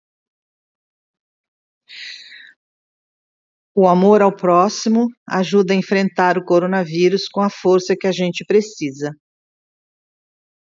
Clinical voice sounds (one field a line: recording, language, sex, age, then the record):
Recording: spoken sentence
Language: Brazilian Portuguese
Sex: female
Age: 70 to 79 years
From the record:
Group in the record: control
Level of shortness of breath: 0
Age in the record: 72 years